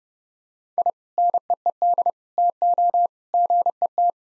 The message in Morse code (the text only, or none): I NEED TO GET